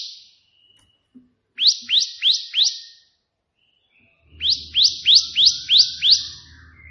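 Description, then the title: Prinia song: a run of four sharp, high slurred notes, a pause, then six more in an even series over a faint low hum. Prenjak putih song with three shooting-style variations (tembakan), intended as tutor song (masteran) for pet prinias. "3 VARIASI TEMBAKAN prenjak putih ini COCOK untuk masteran prenjak anda"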